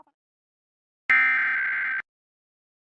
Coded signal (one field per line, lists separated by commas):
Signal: Emergency Alert System (SAME) tones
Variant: header bursts